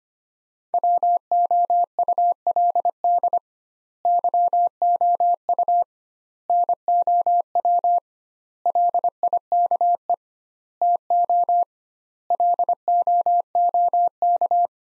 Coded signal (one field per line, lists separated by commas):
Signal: Morse code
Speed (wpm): 25 wpm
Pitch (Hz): 700 Hz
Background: none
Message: WOULD YOU NOW LIKE TO LOOK